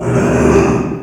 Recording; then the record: squeal of a Yucatan mini pig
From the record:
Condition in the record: after surgery on the right vocal fold (resection and tissue-engineered implant); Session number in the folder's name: 3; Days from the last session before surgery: 33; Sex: male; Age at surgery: 12 weeks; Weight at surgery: 13 kg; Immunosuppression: cyclosporine, prednisolone